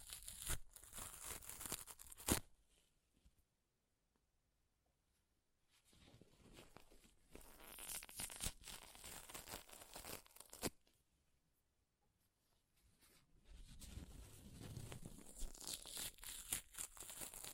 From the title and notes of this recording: ASMR Paper Ripping Tearing Sounds (No Talking).